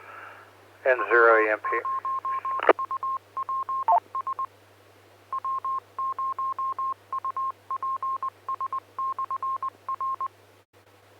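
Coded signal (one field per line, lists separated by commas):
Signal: Morse code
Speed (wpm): 20 wpm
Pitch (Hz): 1060 Hz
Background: speech, radio noise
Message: W0UPS W0UPS/R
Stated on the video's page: Morse on a weekly tech net via the 447.275 repeater, also the 447.750 repeater and Echolink.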